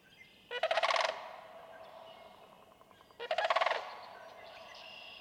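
Sandhill crane calls twice, each a harsh rolling rattle about half a second long, separated by about two seconds of quiet with faint higher notes.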